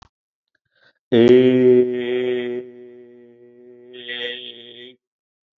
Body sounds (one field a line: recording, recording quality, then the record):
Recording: sustained vowel as in made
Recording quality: excellent, no background noise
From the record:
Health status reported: healthy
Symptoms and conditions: none ticked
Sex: male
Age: 54 years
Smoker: not ticked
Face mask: not worn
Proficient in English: yes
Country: India